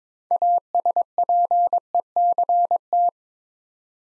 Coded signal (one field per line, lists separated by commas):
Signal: Morse code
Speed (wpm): 22 wpm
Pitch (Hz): 700 Hz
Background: none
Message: ASPECT